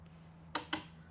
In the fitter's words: hear that click.